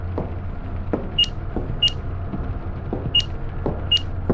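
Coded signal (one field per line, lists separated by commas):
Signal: none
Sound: game's task beeps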